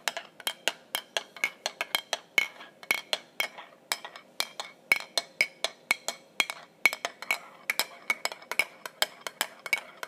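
A spoon taps and stirs against a mug in quick, fairly regular strikes, several per second, each a bright ringing clink that fades fast. The tapping runs the whole time, pausing briefly around four seconds, with a soft hiss underneath.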